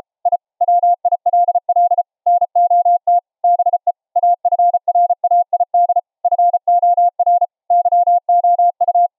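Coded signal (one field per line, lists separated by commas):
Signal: Morse code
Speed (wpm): 34 wpm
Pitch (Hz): 700 Hz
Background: none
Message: I WILL NOT BE AFRAID FOR YOU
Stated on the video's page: 700 Hz ELF CW from a nearby transmitter, received 10 feet away on a resonance-tuned ferrite rod and bobbin-core antenna into headphones; full volume, no background noise.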